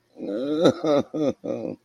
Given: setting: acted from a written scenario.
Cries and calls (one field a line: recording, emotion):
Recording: vocal sound without words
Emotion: sadness